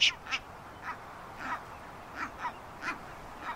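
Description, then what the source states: Brown booby calls as a series of short, harsh, hoarse bursts, about eight in under four seconds, irregularly spaced, over faint hiss. Played recording of a species very rare in Wisconsin.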